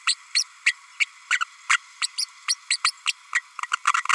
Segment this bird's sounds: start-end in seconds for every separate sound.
0.07-0.15, 0.35-0.43, 0.66-0.73, 1.00-1.05, 1.30-1.39, 1.69-1.78, 2.01-2.07, 2.17-2.26, 2.48-2.54, 2.70-2.78, 2.84-2.91, 3.06-3.13, 3.35-3.41, 3.73-3.76, 3.87-3.94